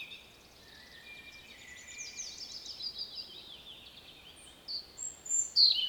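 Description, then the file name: European robin song, thin high warbling phrases that slide and flicker, quiet at first and turning into louder, sharper notes near the end, over a soft background hiss. "Erithacus rubecula"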